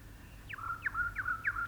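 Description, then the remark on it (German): A bird chirps four times in an even, quick rhythm, each call a bright high note that swoops down and levels off, heard alone over a faint low hum. “Die Vögel haben immer Sonntag.”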